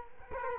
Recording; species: mosquito wingbeat signal from an infrared sensor; Culex quinquefasciatus